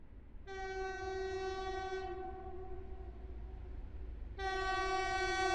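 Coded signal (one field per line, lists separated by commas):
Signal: train horn signal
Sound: a loud, multi-tone train horn blast that softens, then a second strong blast cut off at the end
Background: rumble of passing train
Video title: train horn signal passing sound effect zoom f4 audio technica 4022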